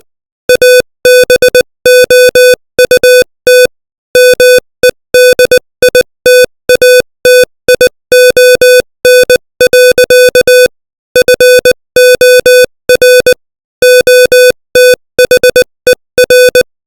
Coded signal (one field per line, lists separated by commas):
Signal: Morse code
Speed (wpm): 20 wpm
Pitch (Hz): 500 Hz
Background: music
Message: ABOUT MEDITATION. FOR OTHER